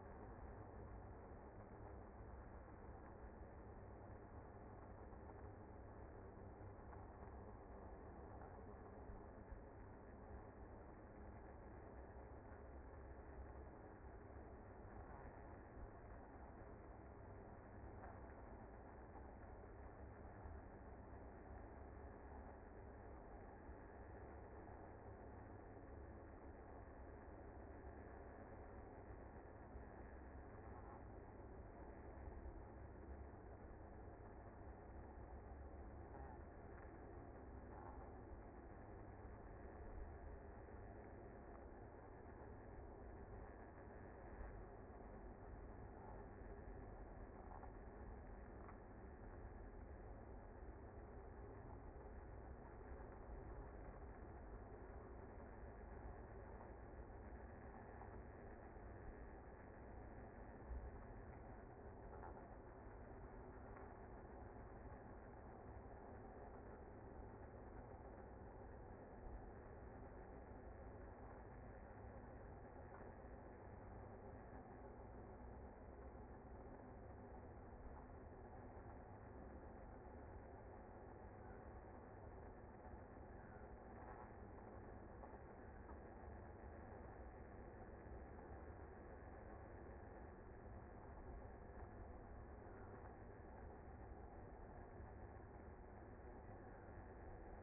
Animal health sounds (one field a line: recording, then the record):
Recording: honeybee colony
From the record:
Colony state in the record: active